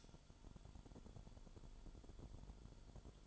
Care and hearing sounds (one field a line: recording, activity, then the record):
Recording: daily activity, microphone in the room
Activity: light on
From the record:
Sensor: 5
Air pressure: 1008.0 hPa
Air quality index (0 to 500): 103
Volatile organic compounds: 1 ppm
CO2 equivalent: 803 ppm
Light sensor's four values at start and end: 35/81/33/34 and 36/83/34/34